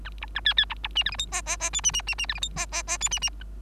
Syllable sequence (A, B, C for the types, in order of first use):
A B A C C B B D E F G H H H I D D D D E F G H H H I D D